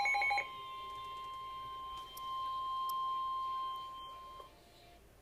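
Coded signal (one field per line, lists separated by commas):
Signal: Emergency Alert System (SAME) tones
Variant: 1050 Hz attention tone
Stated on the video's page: NOAA weather radio Severe Thunderstorm Warning.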